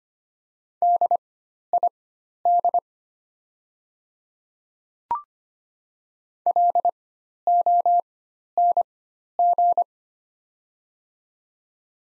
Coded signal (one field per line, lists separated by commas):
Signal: Morse code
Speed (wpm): 25 wpm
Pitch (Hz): 700 Hz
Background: none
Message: DID LONG